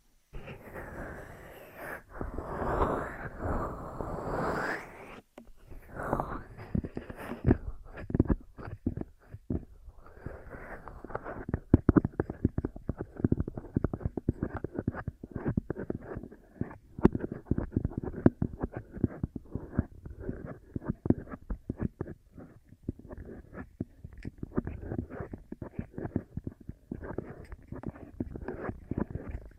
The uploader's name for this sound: Ear Massage, Cleaning